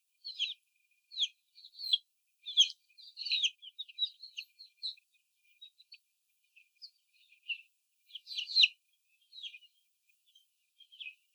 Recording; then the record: young laying hens in a cage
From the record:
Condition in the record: before the stressor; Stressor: sudden umbrella opening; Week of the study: 3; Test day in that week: 2